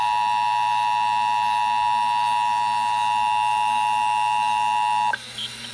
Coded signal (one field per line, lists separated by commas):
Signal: Emergency Alert System (SAME) tones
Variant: 853 and 960 Hz attention tone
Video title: NOAA Radio (EAS # 293) RWT With Sage EAS Endec Relay